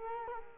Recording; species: mosquito wingbeat signal from an infrared sensor; Culex quinquefasciatus